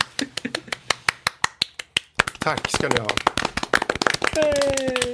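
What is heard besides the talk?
hand clapping applause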